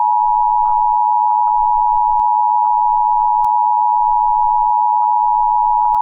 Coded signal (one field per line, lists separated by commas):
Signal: Emergency Alert System (SAME) tones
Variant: 853 and 960 Hz attention tone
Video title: Not Really Independent EAS Scenario LATE